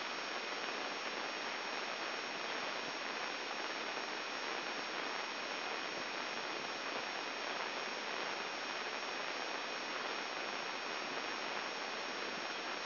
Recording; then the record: brain microelectrode recording played as sound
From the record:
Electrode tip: inside the subthalamic nucleus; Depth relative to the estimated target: 0 mm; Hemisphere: right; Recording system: AlphaMap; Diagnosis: Parkinson's disease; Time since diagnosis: 7 years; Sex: male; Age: 59 years